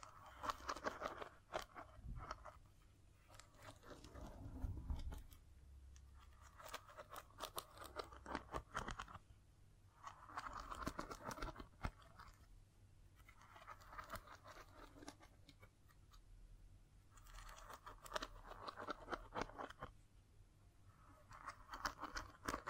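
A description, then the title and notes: Dry scratching and tracing strokes come in bursts with brief pauses, mixed with sharp taps and crunchy scrapes. ASMR Brain NUMBING Triggers Scratching, Tracing, Tapping (No Talking).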